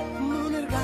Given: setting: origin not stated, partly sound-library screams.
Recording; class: one-second piece from a danger detection set; normal situation